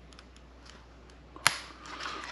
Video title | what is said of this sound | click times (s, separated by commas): DJI Mini 2 - 360 Propellor Guards | nice click. Let you know that one's loose. | 1.5 s